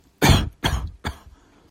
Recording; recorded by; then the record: voluntary cough; messaging app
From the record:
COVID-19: negative